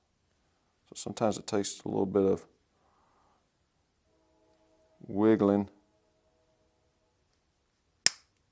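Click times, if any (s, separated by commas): 8.1 s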